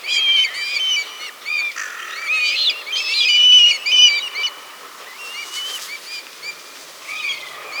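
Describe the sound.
Bird song of busy warbling phrases of rapid whistled notes, loudest in the first half, quieter with sparse twitters afterward.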